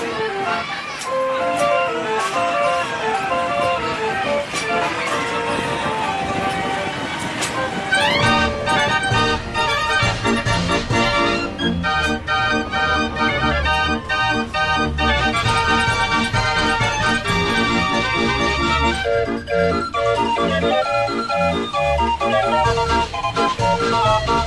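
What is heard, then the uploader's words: Fairground sounds with loud, dense ride music playing throughout, a rising whoosh near eight seconds, and voices and machinery mixed underneath. Fairground Sounds.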